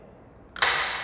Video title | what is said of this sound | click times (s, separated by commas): [ 25센트라이드 ] 출시전, 스피닝강사 니엘선생님과 함께 알아보는 25센트라이드! | 딸깍 소리가 나게끔 고정을 해 주시고 | 0.6 s